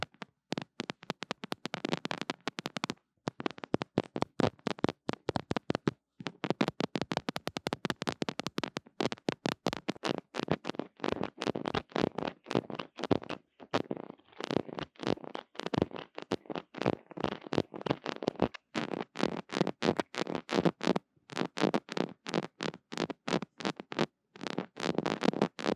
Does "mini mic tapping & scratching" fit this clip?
yes